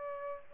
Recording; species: mosquito wingbeat signal from an infrared sensor; Aedes albopictus